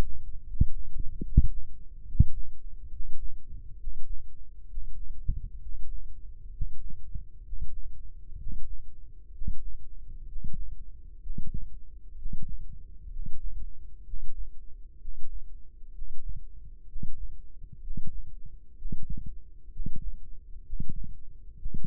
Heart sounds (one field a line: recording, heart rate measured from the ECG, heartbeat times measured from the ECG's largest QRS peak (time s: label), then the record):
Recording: heart sounds by microphone in the left ear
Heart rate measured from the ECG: 65 bpm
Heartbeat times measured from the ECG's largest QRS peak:
0.45 s: heartbeat
1.22 s: heartbeat
2.05 s: heartbeat
2.90 s: heartbeat
3.77 s: heartbeat
4.67 s: heartbeat
5.59 s: heartbeat
6.51 s: heartbeat
7.43 s: heartbeat
8.36 s: heartbeat
9.31 s: heartbeat
10.25 s: heartbeat
11.20 s: heartbeat
12.15 s: heartbeat
13.09 s: heartbeat
14.03 s: heartbeat
14.98 s: heartbeat
15.91 s: heartbeat
16.86 s: heartbeat
17.80 s: heartbeat
18.75 s: heartbeat
19.69 s: heartbeat
20.63 s: heartbeat
21.55 s: heartbeat
From the record:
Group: healthy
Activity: breath hold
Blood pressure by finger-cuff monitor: 117/75 mmHg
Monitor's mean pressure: 84 mmHg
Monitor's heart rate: 64 bpm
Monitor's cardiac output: 5.3 L/min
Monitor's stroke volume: 82 mL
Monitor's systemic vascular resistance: 1060 dyn s/cm5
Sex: male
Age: 35 years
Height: 180 cm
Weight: 86.9 kg